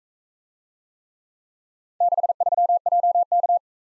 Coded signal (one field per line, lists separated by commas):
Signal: Morse code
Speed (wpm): 41 wpm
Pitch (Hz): 700 Hz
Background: none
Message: 63JK